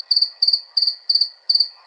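Cricket chirps, each a brief trill of a few pulses, coming roughly every third of a second.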